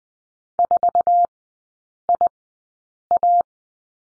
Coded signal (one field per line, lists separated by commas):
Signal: Morse code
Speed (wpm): 20 wpm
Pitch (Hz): 700 Hz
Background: none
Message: 4IA